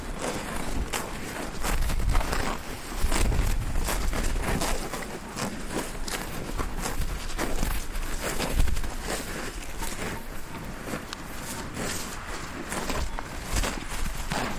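Cows grazing in a meadow, with a steady run of tearing and chewing crunches, occasional soft thuds, and faint outdoor hiss behind.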